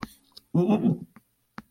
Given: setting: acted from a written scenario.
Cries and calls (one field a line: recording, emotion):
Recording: vocal sound without words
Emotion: disgust